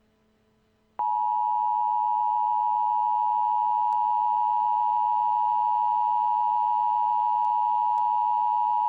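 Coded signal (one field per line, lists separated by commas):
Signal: Emergency Alert System (SAME) tones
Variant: 853 and 960 Hz attention tone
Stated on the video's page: Fictional EAS scenario, with some alerts presented as live and others as pure EAS broadcasts.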